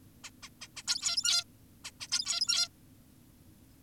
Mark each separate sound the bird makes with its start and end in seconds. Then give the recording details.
0.24-0.30, 0.43-0.49, 0.62-0.68, 0.77-0.83, 0.88-1.44, 1.85-1.91, 2.00-2.08, 2.12-2.68. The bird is an adult. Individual g17y2U